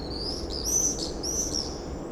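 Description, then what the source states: Common swift screams, two piercing high trilled bursts overlapping in quick succession. Summer evening in a backyard in Bytom, Poland; many swifts flying around; recorded with Zoom F4 and AT BP4025 microphone.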